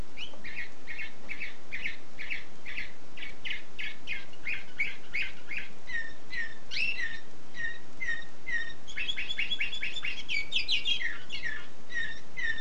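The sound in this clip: Canary song: a long run of rapid, repeated chirping syllables around the same pitch, shifting to faster trilled phrases near the end, with steady background hiss.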